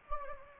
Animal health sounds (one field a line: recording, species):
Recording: mosquito wingbeat signal from an infrared sensor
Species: Anopheles gambiae